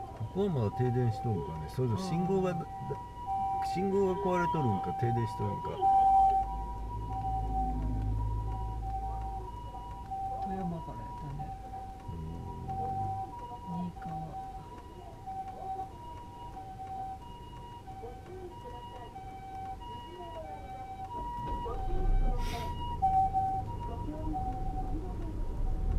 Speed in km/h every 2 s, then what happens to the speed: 0, 0, 0, 0, 0, 0, 0, 0, 0, 0, 0, 0, 0.
0-26 standing.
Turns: none.